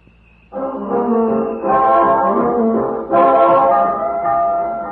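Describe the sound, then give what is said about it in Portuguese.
A steam locomotive whistle lets out a long, loud, chord-like blast that swells in strength twice before easing, sounding continuously for several seconds with no voices, as the locomotive starts moving at departure. “Faltavam 5 minutos apenas para a partida, quando o manobreiro trilou seu apito e a locomotiva se pôs em movimento.”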